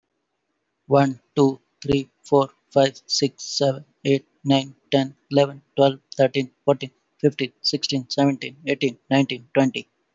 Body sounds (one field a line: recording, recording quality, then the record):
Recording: counting at a normal pace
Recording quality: moderate, slight background noise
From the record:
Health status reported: healthy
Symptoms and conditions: none ticked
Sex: male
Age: 24 years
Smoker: not ticked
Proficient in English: yes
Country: India